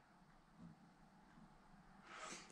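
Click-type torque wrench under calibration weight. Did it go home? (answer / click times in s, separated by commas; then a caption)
no / none. A click-type torque wrench is loaded with a hanging weight to check its calibration. Low, quiet handling noise and faint rumble give way to a brief hissy, broadband swell near 2.1–2.4 s. The wrench does not break over, and nothing has clicked yet.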